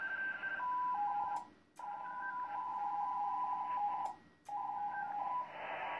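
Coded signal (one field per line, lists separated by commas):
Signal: HF data modem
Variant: ARDOP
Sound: three warbling tone bursts with short pauses, like a back-and-forth data exchange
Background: radio static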